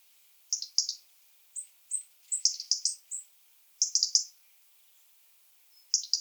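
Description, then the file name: European robin tick calls in stuttering bursts of two or three, interspersed with short, very high thin notes. "Erithacus rubecula"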